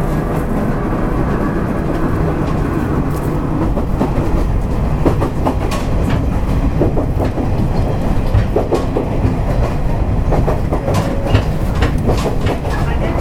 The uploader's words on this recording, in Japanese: JRキハ31系 若松から折尾まで。JR九州の31系気動車の走行音です。若松線の普通列車にて収録しました。